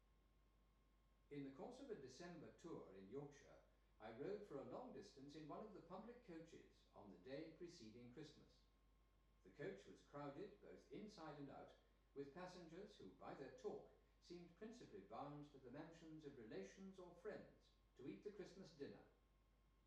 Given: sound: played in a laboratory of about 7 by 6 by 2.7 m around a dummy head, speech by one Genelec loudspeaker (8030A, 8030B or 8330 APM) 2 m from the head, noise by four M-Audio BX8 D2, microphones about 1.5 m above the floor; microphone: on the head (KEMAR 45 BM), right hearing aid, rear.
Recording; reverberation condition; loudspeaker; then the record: male speech in English; medium; 60 degrees to the left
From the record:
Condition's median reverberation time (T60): about 510 ms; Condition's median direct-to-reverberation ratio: about -0.5 dB